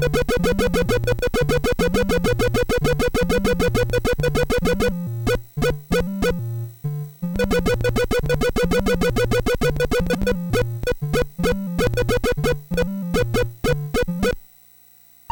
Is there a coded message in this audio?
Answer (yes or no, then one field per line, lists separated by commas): no